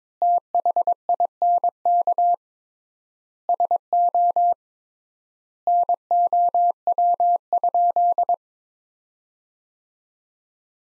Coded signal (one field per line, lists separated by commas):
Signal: Morse code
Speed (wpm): 21 wpm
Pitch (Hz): 700 Hz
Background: none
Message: THINK SO NOW?